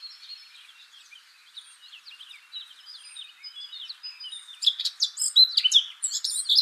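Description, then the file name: Eurasian blackcap singing a soft, scratchy warble that breaks into a louder, brighter flurry of chirps near the end. "Sylvia atricapilla"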